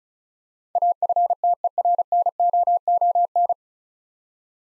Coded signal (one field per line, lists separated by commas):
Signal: Morse code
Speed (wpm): 36 wpm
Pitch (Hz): 700 Hz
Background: none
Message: AFTERNOON